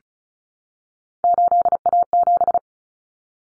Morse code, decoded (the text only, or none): 8A7